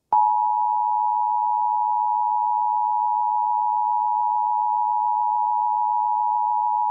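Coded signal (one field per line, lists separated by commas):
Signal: Emergency Alert System (SAME) tones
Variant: 853 and 960 Hz attention tone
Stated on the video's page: Simulated mock alert tones, not a real event.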